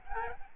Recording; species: mosquito wingbeat signal from an infrared sensor; Aedes albopictus